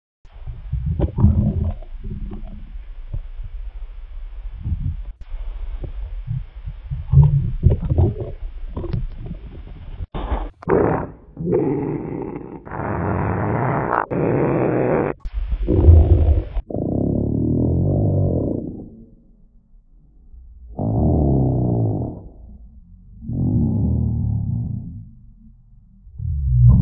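Loud, low gurgling rumbles and drawn-out moaning tones come from an adult's belly in irregular bursts, some lasting several seconds with short quiet gaps between. These are intense hunger rumbles, borborygmi from gas and fluid moving through an empty gut.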